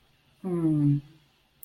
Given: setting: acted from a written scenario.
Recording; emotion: vocal sound without words; contentment